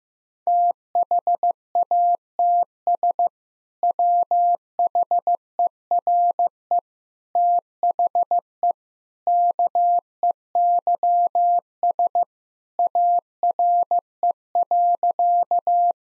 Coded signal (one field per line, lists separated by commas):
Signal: Morse code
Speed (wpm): 15 wpm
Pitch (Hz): 700 Hz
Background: none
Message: THATS WHERE THE KEYS ARE.